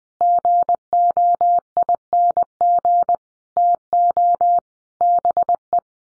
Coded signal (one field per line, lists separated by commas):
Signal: Morse code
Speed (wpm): 20 wpm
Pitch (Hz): 700 Hz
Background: none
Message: GOING TO BE